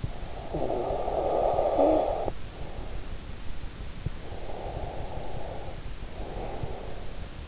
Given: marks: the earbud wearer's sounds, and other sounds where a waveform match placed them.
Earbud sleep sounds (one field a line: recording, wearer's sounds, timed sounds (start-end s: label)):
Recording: sounds in sleep by an in-ear microphone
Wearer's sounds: snoring breath, breath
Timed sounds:
0.00-2.64 s: snoring breath
4.03-7.16 s: breath